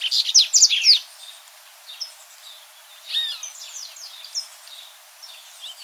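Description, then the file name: Dubois's seedeater song opens with a loud, quick run of high, sharp chirps, then pauses, with a softer phrase of slurred notes around three seconds. "Canto do Papa capim de costas cinzas"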